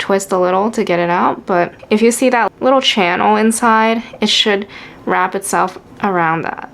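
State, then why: Not seated. A plastic ink cartridge is being handled at the plastic section of a cheap fountain pen, about to be pushed onto the feed spike, while someone talks throughout. Nothing has seated or clicked yet.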